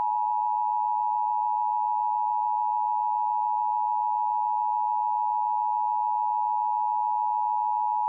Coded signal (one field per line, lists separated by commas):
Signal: Emergency Alert System (SAME) tones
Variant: 853 and 960 Hz attention tone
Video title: (ARCHIVED) AMBER ALERT CHAOS. EAS alerts from 7/7/23 (EAS #86-90)